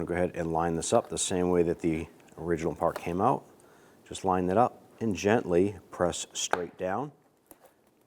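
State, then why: Seated. Someone talks while a plastic parking assist sensor for a 2010–2016 Cadillac SRX is lined up the same way the original came out and gently pressed straight down into its bumper bracket retainer. After the talking stops, a sharp click at 7.5 s marks the sensor locking into place, fully seated.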